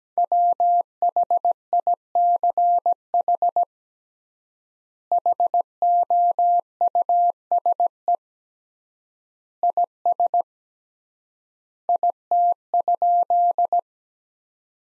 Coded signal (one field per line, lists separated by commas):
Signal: Morse code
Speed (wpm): 17 wpm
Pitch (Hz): 700 Hz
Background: none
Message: WHICH HOUSE IS IT?